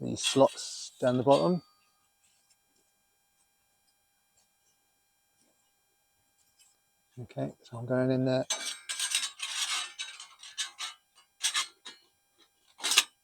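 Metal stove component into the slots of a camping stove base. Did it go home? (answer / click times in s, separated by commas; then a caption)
no / none. A metal stove component is handled and fitted into the bottom slots of a camping stove base while someone talks. Scraping, rubbing metal sounds and a few sharp taps follow as it is worked into place. Nothing has seated or locked yet.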